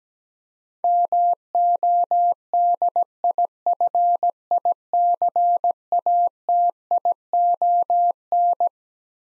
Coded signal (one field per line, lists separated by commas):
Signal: Morse code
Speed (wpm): 17 wpm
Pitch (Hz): 700 Hz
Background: none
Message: MODIFICATION